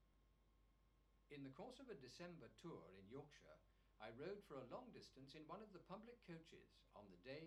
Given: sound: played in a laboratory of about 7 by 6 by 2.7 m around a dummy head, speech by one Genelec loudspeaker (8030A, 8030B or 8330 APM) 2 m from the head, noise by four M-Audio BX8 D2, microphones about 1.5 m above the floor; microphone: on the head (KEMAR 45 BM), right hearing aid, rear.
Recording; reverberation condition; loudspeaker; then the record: male speech in English; low; 90 degrees to the right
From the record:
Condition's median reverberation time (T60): about 310 ms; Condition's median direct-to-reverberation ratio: about 3.5 dB